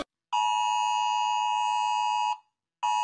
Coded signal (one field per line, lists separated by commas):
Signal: Emergency Alert System (SAME) tones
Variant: 853 and 960 Hz attention tone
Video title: Rating EAS Alarms!